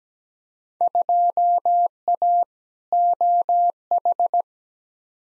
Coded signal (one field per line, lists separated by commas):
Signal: Morse code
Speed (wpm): 17 wpm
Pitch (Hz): 700 Hz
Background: none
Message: 2A OH